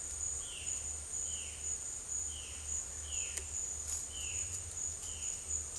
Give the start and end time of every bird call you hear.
0.39s-1.83s: bird call (2.1-3.6 kHz)
2.25s-2.76s: bird call (2.4-3.6 kHz)
3.08s-3.56s: bird call (2.2-3.6 kHz)
3.98s-4.53s: bird call (2.2-3.6 kHz)
4.99s-5.35s: bird call (2.3-3.4 kHz)

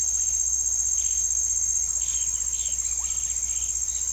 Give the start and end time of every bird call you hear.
0.76s-4.12s: bird call (1.4-4.8 kHz)

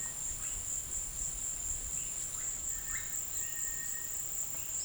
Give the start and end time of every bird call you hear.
2.99s-4.13s: bird call (1.5-2.3 kHz)

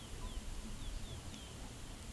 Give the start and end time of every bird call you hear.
0.00s-1.53s: bird call (3.2-3.7 kHz)

